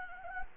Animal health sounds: mosquito wingbeat signal from an infrared sensor; Anopheles gambiae

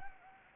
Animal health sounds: mosquito wingbeat signal from an infrared sensor; Anopheles gambiae

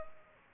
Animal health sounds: mosquito wingbeat signal from an infrared sensor; Culex pipiens

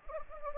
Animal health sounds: mosquito wingbeat signal from an infrared sensor; Anopheles gambiae

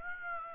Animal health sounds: mosquito wingbeat signal from an infrared sensor; Aedes aegypti

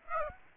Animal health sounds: mosquito wingbeat signal from an infrared sensor; Aedes aegypti

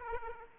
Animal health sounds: mosquito wingbeat signal from an infrared sensor; Aedes aegypti

